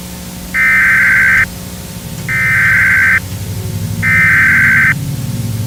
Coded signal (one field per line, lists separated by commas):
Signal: Emergency Alert System (SAME) tones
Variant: header bursts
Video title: Eas Scenario/ Analog Horror Nightmare Street